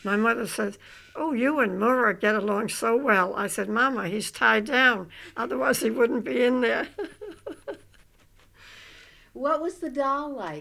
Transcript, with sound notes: My mother said, "Oh, you and Maure get along so well." I said, "Mama, he's tied down, otherwise he wouldn't be in there." (She laughs.)
What was the doll like?